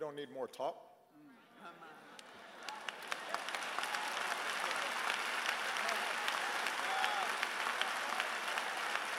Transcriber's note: applause